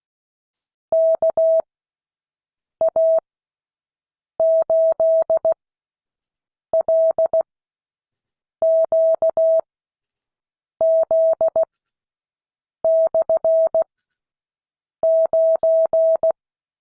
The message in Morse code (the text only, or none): KA8LQZ/9